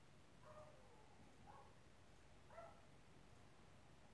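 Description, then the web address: Dog barking three times, roughly one bark per second, each a short muffled yap over steady low hiss. Neighbour's dog, 10 May 2021, 13:00. "haagwonen Geluidopnames 2021-05-10 13 00 10 minuten genieten van die hond"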